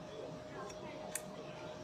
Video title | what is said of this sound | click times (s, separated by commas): Máy kiểm tra độ thoáng khí RF4308E | you will hear a click that indicates the firm connection | 1.2 s